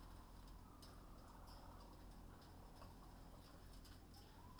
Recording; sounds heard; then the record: poultry house recording; healthy chickens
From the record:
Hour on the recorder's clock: 19